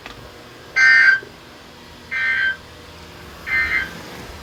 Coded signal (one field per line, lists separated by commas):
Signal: Emergency Alert System (SAME) tones